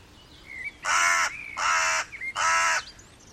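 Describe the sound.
Bird giving three harsh caws in quick succession, with thin whistled notes slipping in between.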